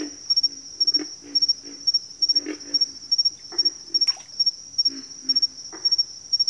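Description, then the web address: Pig frog grunts, low and rough, come in short clusters of two or three under a steady high insect drone and a faster pulsing insect chirp. Bayou setting. "Echoes of Nature - Bayou Pig Frogs"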